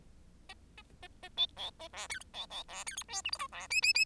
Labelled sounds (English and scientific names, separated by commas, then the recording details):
Bengalese Finch (Lonchura striata domestica) song
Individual Bird10